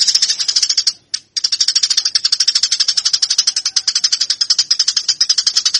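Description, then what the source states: Eurasian tree sparrow fighting chatter: a dense run of rapid, harsh, high chirps, steadily repeated, broken by one short pause near the first second. Fighting (tarung) sounds of the tree sparrow (burung gereja).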